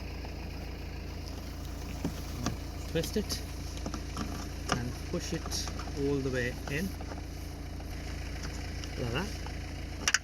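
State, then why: Seated. On a Toyota Auris, a number plate lamp unit is pushed all the way into the tailgate after its bulb holder is twisted in, while someone talks over a steady low hum and a few soft taps and handling noises. Two sharp clicks at 10.1 s and 10.1 s mark the lamp unit clipping home, seated in the tailgate.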